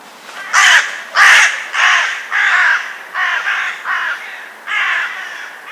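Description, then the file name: Carrion crow calling a rapid series of eight hoarse caws, the first ones loudest and the later ones slightly softer. "Corvus corone"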